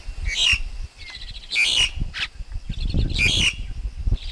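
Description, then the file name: Black-collared Starling song: loud harsh squawking bursts alternating with rapid ticking chatter and a brief whistle, with low rumbling noise underneath. Wild forest bird's song, used for teaching young birds to sing. "Tieng chim ca cuong rung tap chim con hot"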